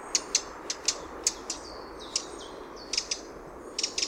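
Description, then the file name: Eurasian wren calls: single hard ticks spaced irregularly, some in quick pairs, over soft thin whistled notes and a steady background hiss. "Troglodytes troglodytes"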